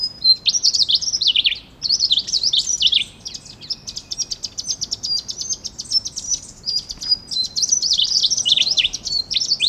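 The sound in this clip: Slaty-bellied tesia song: bursts of fast, tangled, high twittering warbles, separated by stretches of rapid dry ticking notes, repeated throughout.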